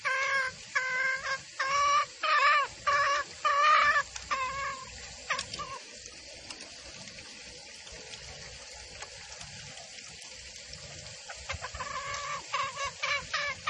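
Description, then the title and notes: Junglefowl calls: a run of short harmonic clucks over the first five seconds, then a lull, with fainter notes returning near the end. Female junglefowl call used as a lure for trapping birds in the forest. "Pancingan Suara Ayam Hutan Betina. Suara ayam hutan jantan buat masteran pikat di hutan. Pemikat Ayam Hutan"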